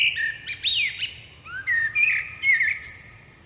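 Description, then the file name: Common blackbird song: short fluty notes mixed with squeaky high twitters in a lively, uneven phrase. "Turdus merula"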